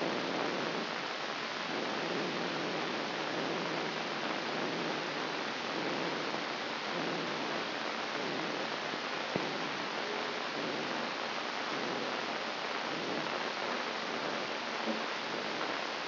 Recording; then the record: brain microelectrode recording played as sound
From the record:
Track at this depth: inside the subthalamic nucleus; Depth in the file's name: 2.546 mm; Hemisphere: right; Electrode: 3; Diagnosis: Parkinson's disease